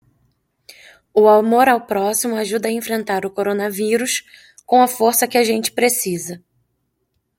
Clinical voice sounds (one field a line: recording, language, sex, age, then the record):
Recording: spoken sentence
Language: Brazilian Portuguese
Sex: female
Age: 20 to 29 years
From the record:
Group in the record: control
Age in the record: 27 years